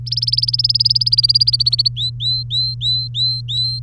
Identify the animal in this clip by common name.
Domestic Canary